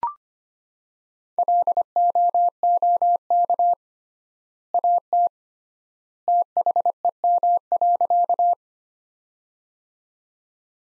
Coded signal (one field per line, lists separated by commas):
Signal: Morse code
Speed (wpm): 25 wpm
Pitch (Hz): 700 Hz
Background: none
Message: LOOK AT THEM.